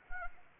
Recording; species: mosquito wingbeat signal from an infrared sensor; Anopheles arabiensis